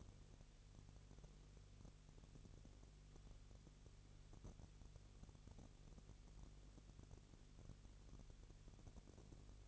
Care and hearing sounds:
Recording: daily activity, microphone in the room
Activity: no activity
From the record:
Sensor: 4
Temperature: 22.3 degrees Celsius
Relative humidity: 32.8%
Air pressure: 1002.0 hPa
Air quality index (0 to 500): 185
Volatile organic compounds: 4 ppm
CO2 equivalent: 1635 ppm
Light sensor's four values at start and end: 2/3/1/1 and 2/3/1/1

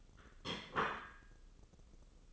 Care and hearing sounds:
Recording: daily activity, microphone in the room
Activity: place plate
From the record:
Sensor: 4

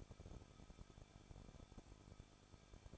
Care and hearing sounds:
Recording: daily activity, microphone in the room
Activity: no activity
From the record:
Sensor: 5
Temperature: 20.8 degrees Celsius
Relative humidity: 38.4%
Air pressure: 1006.5 hPa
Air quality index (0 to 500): 190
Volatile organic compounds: 19 ppm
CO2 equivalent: 2670 ppm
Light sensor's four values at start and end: 2/3/1/1 and 2/3/1/1

